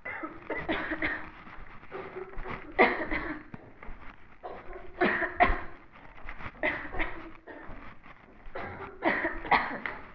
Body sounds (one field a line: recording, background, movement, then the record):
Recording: voluntary coughing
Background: a bystander coughing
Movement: walking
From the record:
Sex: female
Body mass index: 18.3 kg/m2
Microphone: on the chest, facing the body